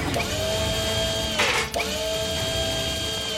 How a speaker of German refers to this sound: Zuma, du bohrst ein paar Löcher in die Wiese. Schnell setzte Zuma den großen Bohrer in Gang und Rocky kümmerte sich um die Leitplanken.